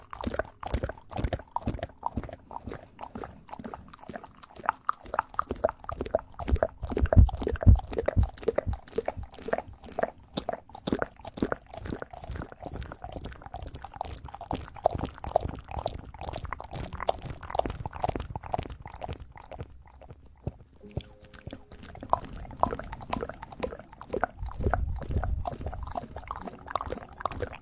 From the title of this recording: eating sugar, aloe vera gel ear massage